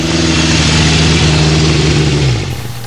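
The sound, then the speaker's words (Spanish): A large heavy-transport truck engine idles with a loud, steady low rumble and droning hum, holding even for a few seconds before easing down at the end. “Agreguemos a esto el transporte pesado que tendrá que entrar a la zona para llevarse 40.000 bolsas diarias. unos 50 camiones de alto porte diarios.”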